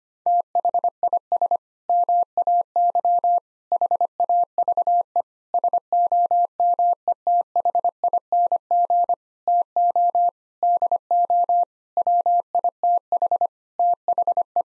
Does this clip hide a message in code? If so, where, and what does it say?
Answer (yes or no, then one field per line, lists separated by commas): yes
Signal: Morse code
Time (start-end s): 0.3-14.6 s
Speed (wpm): 25 wpm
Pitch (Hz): 700 Hz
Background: none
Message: THIS MAY HAVE SOMETHING TO DO WITH THE